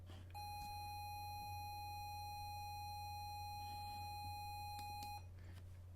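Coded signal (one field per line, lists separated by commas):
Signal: ZX Spectrum tape loading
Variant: header pilot tone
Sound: one steady, buzzy mid-pitched tone lasting about five seconds, then stopping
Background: low hum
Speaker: it's a standard uniform sound so we've got rid of the click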